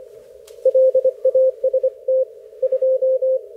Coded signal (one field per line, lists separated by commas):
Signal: Morse code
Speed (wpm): 25 wpm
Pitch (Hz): 530 Hz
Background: none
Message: LAST 2